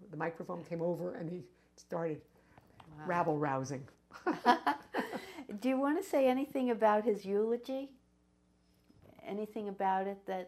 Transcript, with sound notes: The microphone came over, and he started rabble rousing. (Both laugh)
Do you want to say anything about his eulogy, anything about it that—